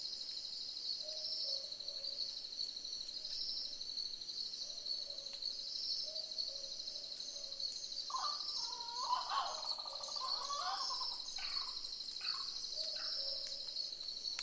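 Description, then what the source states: Boobook owl hooting in soft paired notes scattered throughout, broken midway by a burst of busy calls from another bird, with a steady shrill insect chorus behind. Several boobook owls calling together in a chorus.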